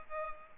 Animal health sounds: mosquito wingbeat signal from an infrared sensor; Culex pipiens

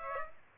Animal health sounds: mosquito wingbeat signal from an infrared sensor; Aedes aegypti

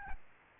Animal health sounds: mosquito wingbeat signal from an infrared sensor; Aedes albopictus

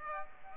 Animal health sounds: mosquito wingbeat signal from an infrared sensor; Aedes aegypti

